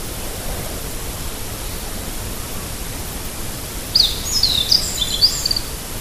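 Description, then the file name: Meadow bunting song: one quick phrase of high, sharp notes in the second half, over a loud steady background hiss. "hojiro"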